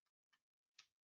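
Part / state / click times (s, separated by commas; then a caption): smartphone into form-fit phone holder / not seated / none. A case-less smartphone is handled against a plastic form-fit cradle on a wheelchair mount, giving a few short ticking sounds, the loudest at about 0.8 s. The phone has not snapped into the holder yet, and nothing has seated or clicked.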